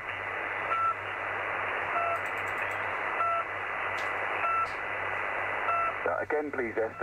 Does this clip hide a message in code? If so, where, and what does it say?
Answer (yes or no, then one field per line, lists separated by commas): no